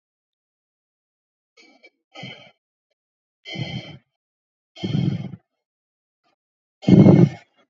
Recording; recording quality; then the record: shallow breathing; excellent, no background noise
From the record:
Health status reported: COVID-19 positive, mild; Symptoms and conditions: cough, cold, muscle pain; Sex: male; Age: 25 years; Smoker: not ticked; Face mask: not worn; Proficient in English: yes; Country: India